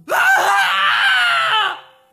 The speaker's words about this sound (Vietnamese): Cảnh tượng kinh dị tới mức khiến cho Tâm phải thét lên một tiếng.